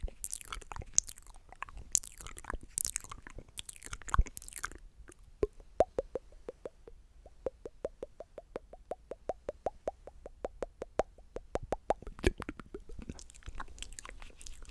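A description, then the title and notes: Mouth sounds: wet clicks and smacks, dense and irregular in the first four seconds with a few bright breathy bursts. From about five to twelve seconds they settle into a fast, fairly regular run of quick pops, then turn denser and more scattered again toward the end. ASMR THE MOST RELAXING MOUTH SOUNDS EVER.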